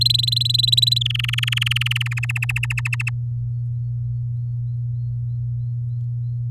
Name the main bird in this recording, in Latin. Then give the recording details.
Serinus canaria. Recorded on 11 May 2018 at 06:27. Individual llb16